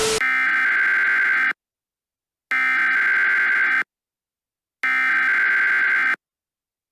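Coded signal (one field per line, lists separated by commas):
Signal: Emergency Alert System (SAME) tones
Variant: header bursts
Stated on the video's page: Fictional EAS scenario, an analog horror creation, not a real alert.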